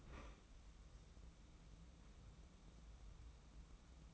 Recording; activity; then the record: daily activity, microphone in the room; open fridge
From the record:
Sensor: 1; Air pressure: 994.4 hPa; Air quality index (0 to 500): 220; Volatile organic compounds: 1000 ppm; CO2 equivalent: 7910 ppm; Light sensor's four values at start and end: 139/316/142/156 and 136/310/139/153